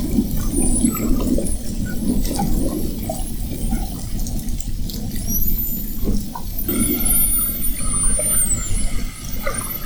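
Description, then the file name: Spinner dolphin whistles, several thin upsweeps and wavy high tones, over loud low underwater rumble; a steady tonal hum joins partway through. Several spinner dolphins whistling, recorded at Fernando de Noronha. "Sons rotadores FN assovios"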